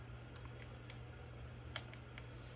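A charging cable plug is pushed into a tablet's port over a low steady hum, with a few faint ticks before a sharp click at 1.8 s as it seats fully. A couple of softer ticks follow, and the plug is fully seated in the port.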